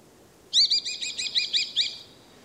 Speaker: Jag tänker vi kan bara lyssna på hur tornfalken låter.